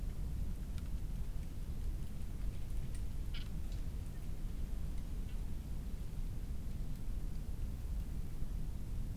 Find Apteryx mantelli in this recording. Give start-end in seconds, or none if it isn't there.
none